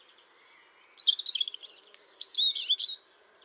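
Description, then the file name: European robin song, a continuous run of high, liquid warbling and thin drawn-out whistles changing pitch quickly over about three seconds, over a faint background hum. "Erithacus rubecula"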